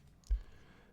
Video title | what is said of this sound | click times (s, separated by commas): Ulanzi Foldable L-Bracket - How to Use | And this is actually a mounting plate. It snaps into place. | 0.3 s